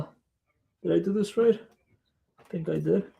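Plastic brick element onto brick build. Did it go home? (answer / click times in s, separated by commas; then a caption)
no / none. A plastic brick element is being handled on a plastic brick build while someone talks in short bursts. Nothing has seated or clicked yet; the clip ends before the part goes home.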